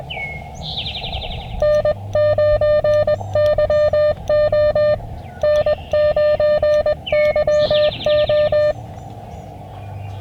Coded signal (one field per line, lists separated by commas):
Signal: Morse code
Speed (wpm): 22 wpm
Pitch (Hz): 600 Hz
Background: music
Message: N9YO N9YO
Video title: Ham Radio Portable ~ Outdoor Camping Adventure